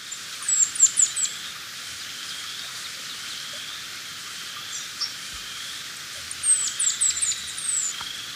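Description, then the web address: Montane woodcreeper song: two short runs of about five sharp, very high descending notes, several seconds apart, over a steady background hum. Ecuador. "Birds of Ecuador Montane Woodcreeper"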